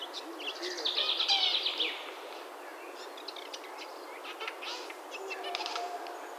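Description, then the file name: Eurasian jay delivering a loud, grating screech lasting about a second, with faint scattered high chirps around it. "Garrulus glandarius"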